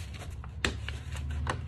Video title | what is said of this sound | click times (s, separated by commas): CHECK OUT ONE OF MY MANY ONESIE DESIGNS 🙌🏽-EMBROIDERY-ONLINE STORE COMING SOON 😁 | hear that click it's already tightened | 0.6 s